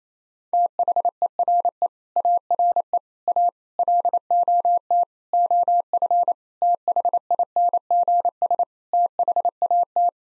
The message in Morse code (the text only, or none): THERE ARE A LOT OF THINGS THAT